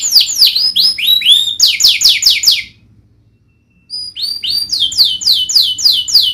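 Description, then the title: Domestic canary giving fast downslurred whistled notes in runs, a pause of about a second, then resuming with similar repeated swooping notes. Lively singing canary with the best melodic twists (cengkok) and rich fill-in phrases (isian). "Kenari Gacor Cengkok Terbaik Isian Paling Mewah Kenarigacor Kicaumania Kenari"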